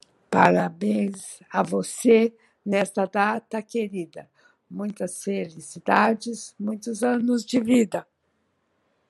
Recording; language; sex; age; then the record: short text; Brazilian Portuguese; female; 60 to 69 years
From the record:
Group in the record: control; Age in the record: 68 years